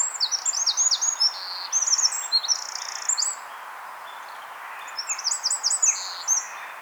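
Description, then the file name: Eurasian wren song, very high and fast, with tumbling trills and ringing notes in two bursts separated by a short pause. "Troglodytes troglodytes"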